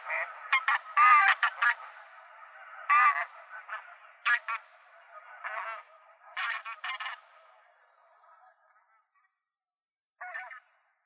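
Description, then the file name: Bean goose honking: loud nasal honks in bursts and short series, growing quieter, then one final honk after a pause. "metsahanhi"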